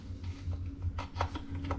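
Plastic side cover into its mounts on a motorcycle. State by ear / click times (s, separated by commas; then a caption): not seated / none. A plastic cover panel is handled and pushed forward into its mounts on the air-intake area of an Indian Challenger motorcycle, giving soft scuffing and light plastic taps, with sharper knocks at about 1.0, 1.2 and 1.7 seconds over a low steady hum. The panel has not seated or clicked into place yet.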